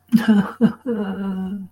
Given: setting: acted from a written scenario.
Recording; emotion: vocal sound without words; sadness